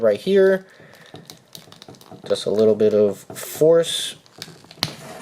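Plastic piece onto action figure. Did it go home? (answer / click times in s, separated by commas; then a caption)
yes / 4.8 s. A plastic part is pushed onto an Avatar The Last Airbender Aang action figure with a little bit of force while someone talks, with small clicks and rustles of handling. At 4.8 s it pops into place with a sharp snap, and the part is seated.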